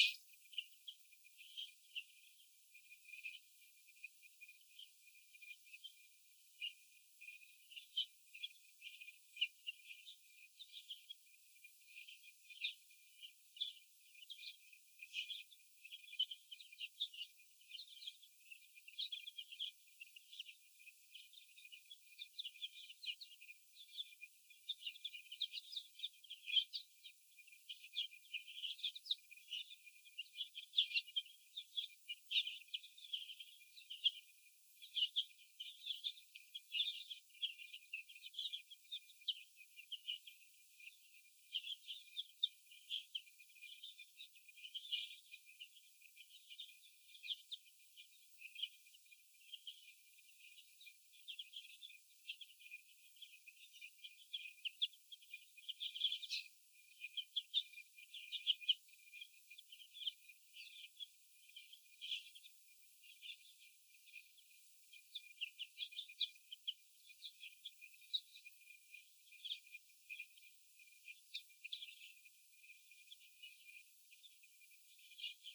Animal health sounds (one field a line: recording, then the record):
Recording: young laying hens in a cage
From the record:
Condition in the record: after the stressor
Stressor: sudden umbrella opening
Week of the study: 2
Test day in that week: 1